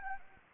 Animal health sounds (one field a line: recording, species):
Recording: mosquito wingbeat signal from an infrared sensor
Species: Anopheles arabiensis